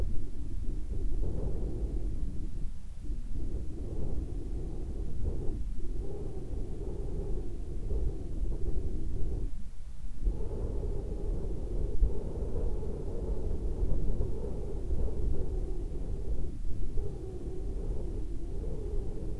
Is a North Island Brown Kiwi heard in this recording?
no